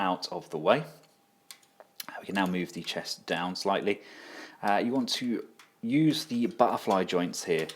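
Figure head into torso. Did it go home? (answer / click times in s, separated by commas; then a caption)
yes / 1.5 s, 2.0 s. Someone talks while the head of a plastic Kubianbao KBBAD31L+ Oversized Age of Extinction Leader Armor Knight Optimus Prime transforming robot figure is pushed down into its torso. Sharp clicks sound at 1.5 s and 2.0 s as the head seats in its stowed position, out of the way.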